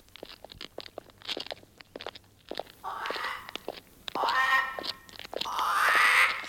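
Crunching footsteps of people walking through the streets of Chicago at night give way to three harsh, rasping crow caws, each about a second long and growing louder, with the steps still faintly audible between them.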